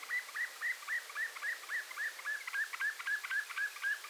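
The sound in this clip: Greater yellowlegs calling in a long, steady series of clear whistled notes with quick downward inflections, about four per second, over faint background hiss.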